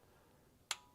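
A click-type torque wrench tightens a transmission pan bolt on a 1959 Ford F100 during a transmission pan gasket replacement, breaking over with a sharp, bright click at 0.7 s, confirming the bolt has reached the torque setting. A fainter, shorter click follows at 1.0 s over an otherwise quiet, low background.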